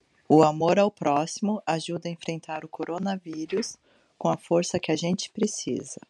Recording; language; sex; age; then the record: spoken sentence; Brazilian Portuguese; female; 30 to 39 years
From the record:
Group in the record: control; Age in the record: 37 years